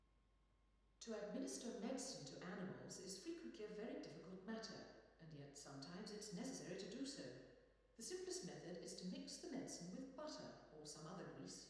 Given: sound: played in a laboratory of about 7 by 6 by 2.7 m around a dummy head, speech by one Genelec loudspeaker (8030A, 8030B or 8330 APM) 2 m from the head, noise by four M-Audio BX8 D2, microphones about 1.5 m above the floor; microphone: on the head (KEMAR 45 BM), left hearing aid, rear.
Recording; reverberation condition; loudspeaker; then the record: female speech in English; high; behind (180 degrees)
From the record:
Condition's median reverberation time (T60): about 1300 ms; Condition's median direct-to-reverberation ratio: about -4.0 dB